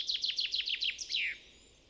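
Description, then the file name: Common chaffinch song fragment: six quick dropping notes followed by a longer, downward-sweeping flourish, then quiet. "Fringilla coelebs"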